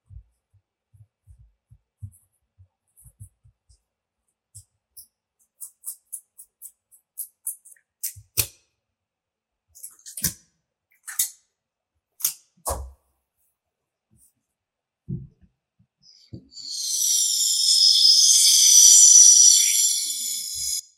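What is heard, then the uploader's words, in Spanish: Double-sided nano tape being worked into a bubble: soft sticky clicks and pops come in scattered bursts, several sharp snaps standing out around ten to thirteen seconds. Near the end a steady, bright airy hiss takes over until the clip stops. Sonido de la creación de una burbuja de cinta adhesiva Nano Tape o doble contacto. Sonidos de la cinta nano tape.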